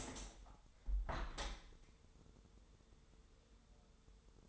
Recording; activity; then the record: daily activity, microphone in the room; open window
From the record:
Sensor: 3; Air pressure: 1014.9 hPa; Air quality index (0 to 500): 29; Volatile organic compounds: 1 ppm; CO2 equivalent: 526 ppm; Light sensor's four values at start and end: 10/23/9/9 and 10/24/10/10